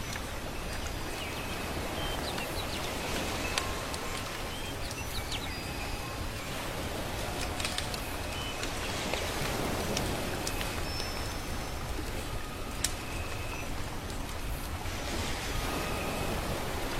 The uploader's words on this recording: Come to the quiet and leisurely beautiful island to feel the embrace of nature, the singing of birds, soft waves and firewood.